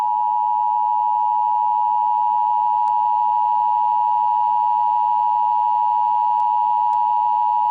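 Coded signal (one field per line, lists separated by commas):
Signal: Emergency Alert System (SAME) tones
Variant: 853 and 960 Hz attention tone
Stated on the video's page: Simulated Emergency Alert System scenario.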